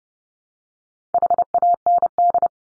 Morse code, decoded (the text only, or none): HAND